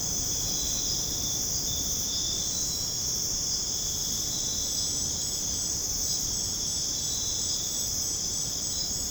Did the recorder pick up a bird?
no